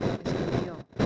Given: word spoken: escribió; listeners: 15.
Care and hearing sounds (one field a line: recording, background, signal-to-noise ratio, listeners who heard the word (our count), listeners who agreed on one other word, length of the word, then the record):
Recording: one Spanish word in noise, from a listening test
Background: noise modulated by one talker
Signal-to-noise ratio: -9.6 dB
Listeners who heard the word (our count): 2 of 15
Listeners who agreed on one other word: 7 of 15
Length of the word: 0.66 s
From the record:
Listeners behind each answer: 7, 2, 2, 1, 1, 1, 1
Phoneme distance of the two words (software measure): 37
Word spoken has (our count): 3 syllables, 8 phonemes, stress on syllable 3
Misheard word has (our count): 3 syllables, 7 phonemes, stress on syllable 2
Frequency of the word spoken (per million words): 37.04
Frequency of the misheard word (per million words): 187.73